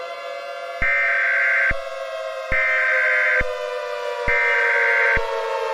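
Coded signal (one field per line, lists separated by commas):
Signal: Emergency Alert System (SAME) tones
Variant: header bursts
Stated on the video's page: Fictional emergency alert scenario; tones may or may not be valid EAS tones.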